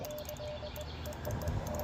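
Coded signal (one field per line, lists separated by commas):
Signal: none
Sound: device beeps outdoors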